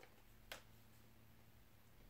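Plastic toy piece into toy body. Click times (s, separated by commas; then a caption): 0.5 s. On a second attempt, a plastic piece of a Pokémon Sun & Moon McDonald's Happy Meal toy is pressed into the toy body and snaps into place with a single sharp, bright click at 0.5 s. A faint tick sounds right at the start, over a low, steady background hum. The piece is seated.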